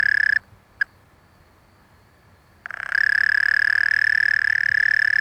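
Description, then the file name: European mole cricket song, a low steady churring trill that cuts off early, gives one brief blip, falls silent for about two seconds, then resumes continuously. "Gryllotalpa gryllotalpa"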